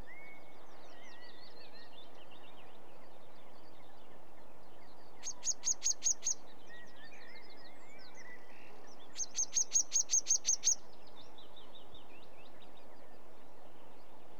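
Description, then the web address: Sedge warbler song as two brief runs of quick repeated ticking notes a few seconds apart, with soft twittering behind. "BBC Sound Effects Library BBC - Birds Sedge Warbler"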